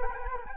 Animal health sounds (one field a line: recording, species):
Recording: mosquito wingbeat signal from an infrared sensor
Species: Culex quinquefasciatus